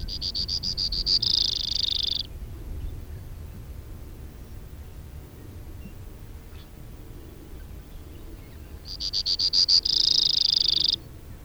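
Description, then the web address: Brewer's sparrow: two songs, each a rapid series of high ticking notes running into a buzzy trill, with steady background noise between. Recorded from a cassette. "Brewer's Sparrow Audio B--LNSCourse Cassette"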